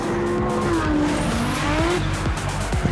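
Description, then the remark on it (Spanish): Cars in an illegal street race roar continuously while tires squeal in long, wavering high-pitched tones, with loud revving and skidding throughout and no voices. “La típica carrerica de coches ilegales.”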